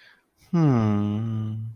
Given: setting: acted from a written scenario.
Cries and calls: vocal sound without words; romantic love

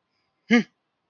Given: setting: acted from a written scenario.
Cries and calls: vocal sound without words; anger

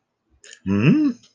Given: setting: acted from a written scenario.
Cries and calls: vocal sound without words; interest

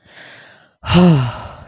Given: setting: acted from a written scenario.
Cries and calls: vocal sound without words; relief

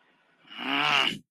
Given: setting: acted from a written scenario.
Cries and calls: vocal sound without words; anger

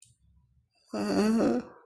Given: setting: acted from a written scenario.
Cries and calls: vocal sound without words; sadness

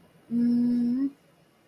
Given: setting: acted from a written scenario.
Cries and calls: vocal sound without words; serenity

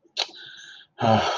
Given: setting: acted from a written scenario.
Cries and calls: vocal sound without words; anger

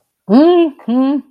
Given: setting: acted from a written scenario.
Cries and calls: vocal sound without words; pride

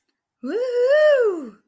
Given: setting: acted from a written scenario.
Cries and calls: vocal sound without words; triumph

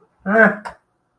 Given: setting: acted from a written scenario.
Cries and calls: vocal sound without words; neutral

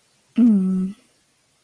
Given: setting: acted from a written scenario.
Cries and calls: vocal sound without words; sympathy

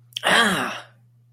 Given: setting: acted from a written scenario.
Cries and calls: vocal sound without words; pain

